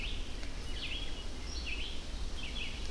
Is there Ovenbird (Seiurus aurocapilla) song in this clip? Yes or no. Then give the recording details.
no. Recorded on 24 June 2016 at 05:18. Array SBT-6-76